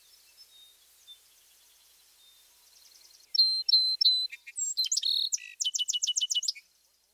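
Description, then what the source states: Song Sparrow song: three spaced, same-pitched introductory notes, then quicker varied notes ending in a fast, rattling trill, after faint high notes. Typical song is three introductory notes on one pitch, then faster notes and trills, remembered as 'Maids, maids, maids, put on your tea kettle, little, little, little'.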